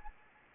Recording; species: mosquito wingbeat signal from an infrared sensor; Anopheles gambiae